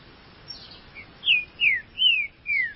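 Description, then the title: Green-winged saltator: four strong downward-slurred whistled notes in a steady phrase, preceded by a couple of softer notes, with light background hiss. "Trinca Ferro"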